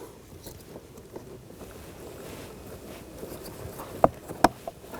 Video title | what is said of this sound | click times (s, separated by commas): How to Replace Blower Motor Module 2000-2006 BMW X5 | There we go. That clipped in. | 4.0 s, 4.5 s